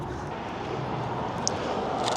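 After several failed tries, a plastic rear mudguard is pressed hard against the Model YL car body with its holes aligned, under a steady low rumbling background. A sharp, brief click at 1.5 s marks the mudguard snapping and fixing in place, confirmed seated.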